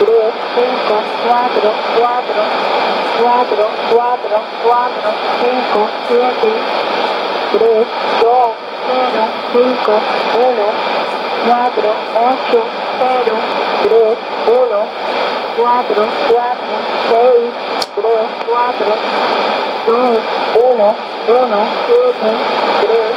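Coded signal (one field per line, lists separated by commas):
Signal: numbers station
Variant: HM01, Spanish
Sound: a female voice reads single digits in Spanish, steadily, over radio noise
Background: radio static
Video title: 09 01 2015 Cuban Spy HM01 in Spanish 0659 on 9330 Bauta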